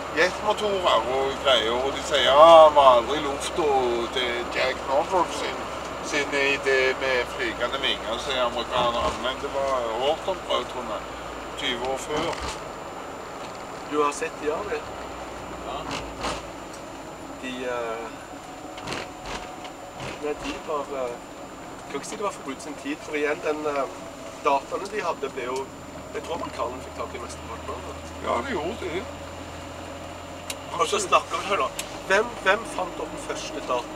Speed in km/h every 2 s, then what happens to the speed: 61, 59, 57, 55, 53, 51, 46, 41, 34, 32, 32, 29, 28, 28, 30, 33, 34.
0-17 slows to 32. 17-26 steady at about 29. 26-34 speeds up to 34.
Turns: 21-28.